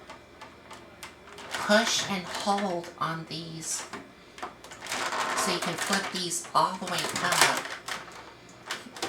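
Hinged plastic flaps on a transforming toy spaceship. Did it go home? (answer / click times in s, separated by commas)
no / none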